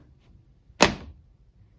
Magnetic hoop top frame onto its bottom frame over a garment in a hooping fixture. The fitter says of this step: and then it'll snap right into place and that is perfectly centered so